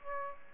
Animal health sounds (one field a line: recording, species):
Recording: mosquito wingbeat signal from an infrared sensor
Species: Aedes aegypti